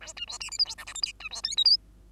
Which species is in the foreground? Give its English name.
Bengalese Finch